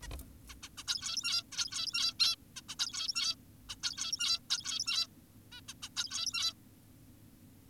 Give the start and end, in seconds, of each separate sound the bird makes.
0.02-0.08, 0.49-0.54, 0.63-0.69, 0.78-0.84, 0.88-1.43, 1.52-2.14, 2.20-2.36, 2.56-2.61, 2.69-2.75, 2.80-3.35, 3.70-3.76, 3.83-4.40, 4.50-5.07, 5.52-5.61, 5.68-5.74, 5.83-5.89, 5.97-6.54